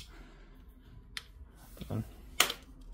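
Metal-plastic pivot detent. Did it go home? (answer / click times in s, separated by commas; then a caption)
yes / 2.4 s. The tilt head on a Sirui AM-MDP02 monopod base is lifted and let drop back, snapping sharply into its locked detent at 2.4 s, with a fainter tick earlier at 1.2 s. Someone talks briefly, and the head is confirmed locked in place.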